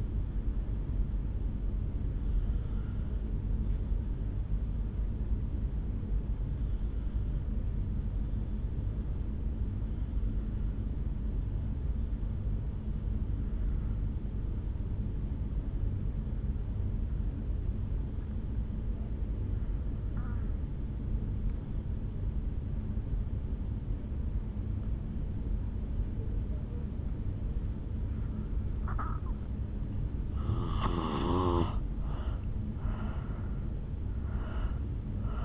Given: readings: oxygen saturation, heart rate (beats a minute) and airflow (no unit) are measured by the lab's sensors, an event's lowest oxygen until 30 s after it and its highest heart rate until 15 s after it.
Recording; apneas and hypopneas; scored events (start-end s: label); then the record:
breathing in sleep by a smartphone at the bedside; 1
1.00-31.00 s: new sleep stage, N2 (light sleep)
3.00-28.60 s: obstructive apnea (N2, oxygen 98% highest, then 83% lowest, heart rate 54 at the start, 72 highest)
31.00-35.45 s: new sleep stage, N1 (lightest sleep)
From the record:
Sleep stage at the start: N1 (lightest sleep); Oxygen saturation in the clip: 83 to 98%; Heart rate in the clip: 53 to 70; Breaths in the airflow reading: 5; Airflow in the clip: -7.4 to 4.6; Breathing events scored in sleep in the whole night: 449 in 7.0 hours asleep